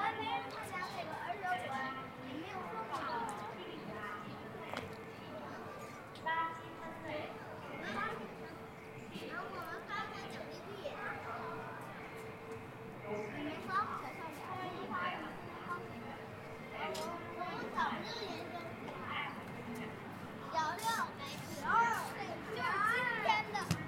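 At Ditan in Beijing, many voices overlap in a steady crowd murmur with a faint constant hum, higher children's voices rising near the end.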